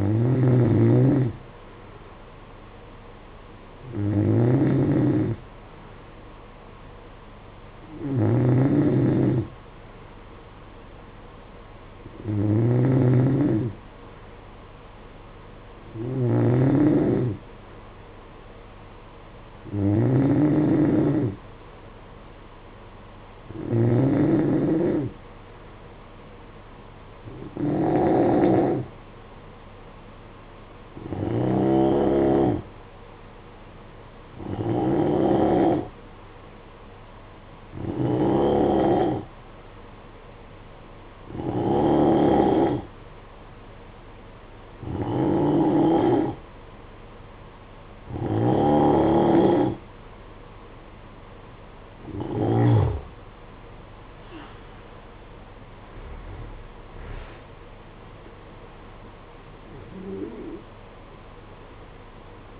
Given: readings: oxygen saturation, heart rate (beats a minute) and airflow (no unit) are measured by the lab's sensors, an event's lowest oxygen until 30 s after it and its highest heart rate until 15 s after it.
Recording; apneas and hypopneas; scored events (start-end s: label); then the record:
breathing in sleep by a voice recorder at the bedside; 1
6.00-62.60 s: new sleep stage, N3 (deep sleep)
31.00-55.80 s: hypopnea (N3, oxygen 92% highest, then 91% lowest, heart rate 54 at the start, 69 highest)
From the record:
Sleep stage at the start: N2 (light sleep); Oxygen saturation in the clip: 91 to 93%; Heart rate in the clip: 52 to 69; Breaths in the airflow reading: 17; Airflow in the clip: -12.9 to 22.7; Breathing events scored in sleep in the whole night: 476 in 9.7 hours asleep